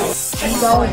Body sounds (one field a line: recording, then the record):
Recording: background sound without coughing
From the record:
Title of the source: Nightlife Party Simulating Party Club Noise 1 Hour